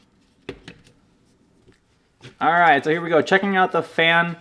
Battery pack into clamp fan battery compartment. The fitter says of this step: push it until it clicks in and put your cap back on all